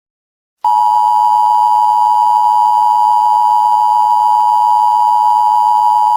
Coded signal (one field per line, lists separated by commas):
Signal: Emergency Alert System (SAME) tones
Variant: 853 and 960 Hz attention tone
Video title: [EAS Scenario] If the Locust Horde was REAL (PART 1)